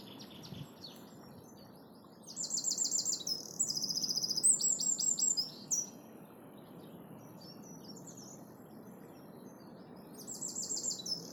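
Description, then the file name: Eurasian wren singing a fast, high-pitched burst of ringing trills and sharp notes lasting about three and a half seconds, then a quiet stretch with low rumble before another trilled phrase begins near the end. "Troglodytes troglodytes"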